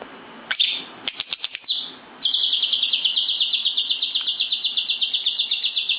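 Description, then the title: Lovebird song: a few sharp chirps, then a fast, steady run of shrill high notes to the end. National champion lovebird with a full, constant song (gacor). "Burung Lovebird Juara Nasional Full Isian Gacor"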